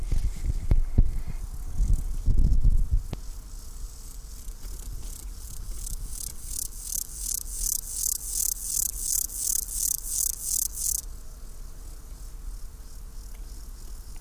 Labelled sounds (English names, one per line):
Steppe Grasshopper stridulation